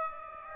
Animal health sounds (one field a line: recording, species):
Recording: mosquito wingbeat signal from an infrared sensor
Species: Aedes aegypti